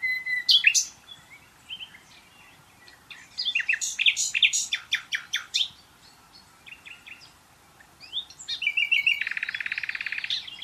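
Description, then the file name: Common nightingale delivering several varied phrases of chirps, clicks and whistles, finishing with a fast, rattling trill. "Luscinia megarhynchos"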